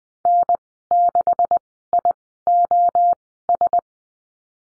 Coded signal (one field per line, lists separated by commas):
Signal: Morse code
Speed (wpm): 20 wpm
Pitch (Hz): 700 Hz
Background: none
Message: N6IOS